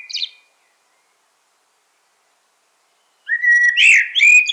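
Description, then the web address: Common blackbird song: a brief high twitter at the start, then after silence a warbled phrase sliding from lower whistles into squeaky high twittering notes. "SETE Turdus merula"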